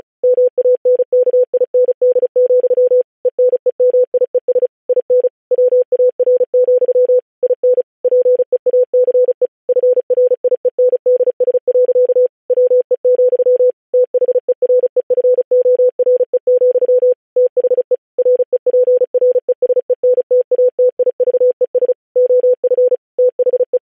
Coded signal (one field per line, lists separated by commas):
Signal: Morse code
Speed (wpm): 36 wpm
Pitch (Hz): 500 Hz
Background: none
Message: MANKIND, ENEMIES IN WAR, IN PEACE FRIENDS. WE, THEREFORE, THE REPRESENTATIVES OF THE